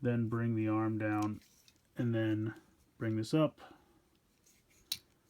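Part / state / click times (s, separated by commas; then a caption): body section tab on a transforming toy robot / seated / 4.9 s. Someone talks while lowering the arms of a transforming toy robot, then brings a plastic body section up and tabs it in. A sharp snap at 4.9 seconds marks the torso section seating into place.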